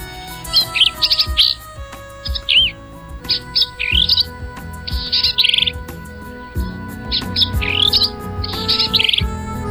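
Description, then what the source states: Black-capped Vireo song: varied, high, sharp warbled phrases with slurred whistles and chattery notes, given in quick bursts separated by short pauses over a low background hum. Breeding male; long, varied songs often heard all through the day.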